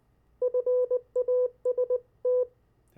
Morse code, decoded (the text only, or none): FAST